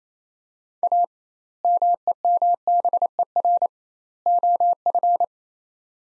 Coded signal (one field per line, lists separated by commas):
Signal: Morse code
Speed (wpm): 27 wpm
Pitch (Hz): 700 Hz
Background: none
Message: A MEMBER OF